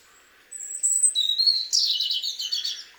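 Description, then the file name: European robin singing: a high sliding whistle, a lower drawn note, then a burst of scratchy, tumbling twitters. "Erithacus rubecula"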